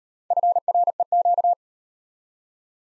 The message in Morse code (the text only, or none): FREQ